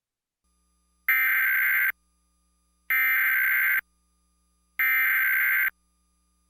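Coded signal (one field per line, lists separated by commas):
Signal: Emergency Alert System (SAME) tones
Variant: header bursts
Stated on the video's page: Fictional EAS scenario, not a real broadcast, which may or may not contain valid EAS tones.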